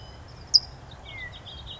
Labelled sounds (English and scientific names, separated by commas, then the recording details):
California Towhee (Melozone crissalis)
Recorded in Sonoma County, California